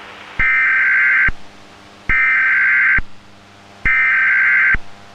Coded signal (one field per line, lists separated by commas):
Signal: Emergency Alert System (SAME) tones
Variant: header bursts